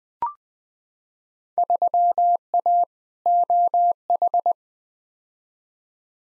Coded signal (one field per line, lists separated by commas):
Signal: Morse code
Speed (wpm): 20 wpm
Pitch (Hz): 700 Hz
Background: none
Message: 3A OH